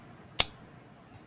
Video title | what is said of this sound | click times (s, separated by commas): 10/19/20-10/23/20. Harvest, tractors, respect | all right you'll hear that snap and now you know it's ready to go back in the box ready to go back into storage | 0.4 s